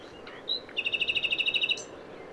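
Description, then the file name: Common nightingale song: a thin whistle followed by a quick, even series of many clear repeated notes. "Luscinia megarhynchos"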